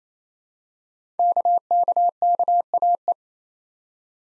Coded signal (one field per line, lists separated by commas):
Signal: Morse code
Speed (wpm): 28 wpm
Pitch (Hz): 700 Hz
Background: none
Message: KKKAE